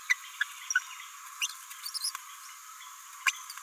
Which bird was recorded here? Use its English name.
Green-rumped Parrotlet